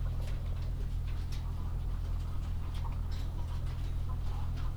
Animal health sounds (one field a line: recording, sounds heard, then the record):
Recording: poultry house recording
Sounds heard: sick chickens (respiratory disease)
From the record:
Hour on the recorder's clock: 18